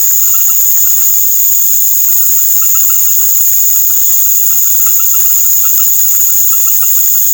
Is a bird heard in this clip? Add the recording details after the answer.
no. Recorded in secondary vegetation near Puerto Asís, Putumayo, Colombia, on 12 March 2025 at 19:00. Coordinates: 0.489, -76.322. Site G042